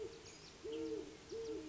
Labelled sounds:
Great Horned Owl
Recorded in Sonoma County, California

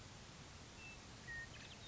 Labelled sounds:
Western Meadowlark
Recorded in Sonoma County, California

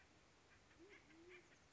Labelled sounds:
Band-tailed Pigeon
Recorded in Sonoma County, California

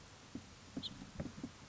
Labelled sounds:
House Finch
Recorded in Sonoma County, California

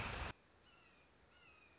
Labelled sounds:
Red-shouldered Hawk
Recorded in Sonoma County, California

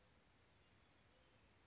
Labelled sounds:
Western Flycatcher
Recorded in Sonoma County, California

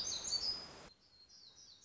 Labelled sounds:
Black-throated Gray Warbler
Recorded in Sonoma County, California

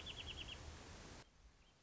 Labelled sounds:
Wrentit
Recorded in Sonoma County, California

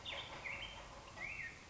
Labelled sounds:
Black-headed Grosbeak
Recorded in Sonoma County, California

